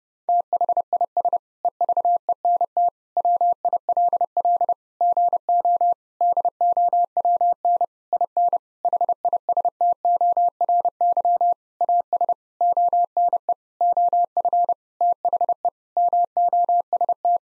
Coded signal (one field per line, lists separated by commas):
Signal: Morse code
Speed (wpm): 32 wpm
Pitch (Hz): 700 Hz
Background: none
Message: THIS EVENT WILL GO DOWN IN HISTORY AS ONE OF THE MOST